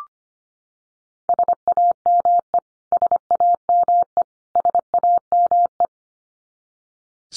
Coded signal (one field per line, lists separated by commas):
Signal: Morse code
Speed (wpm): 25 wpm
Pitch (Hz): 700 Hz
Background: none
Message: SAME SAME SAME